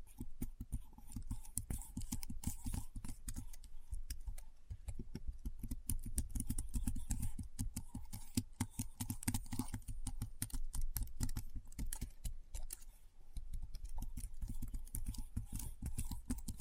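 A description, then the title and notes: Keyboard typing runs almost without pause, with dense, irregular key clicks arriving several per second, each a sharp tap with a dull low thud beneath. A faint steady tone hums behind the clatter, and the typing briefly thins near four and thirteen seconds. ASMR Keyboard Sounds (No Talking).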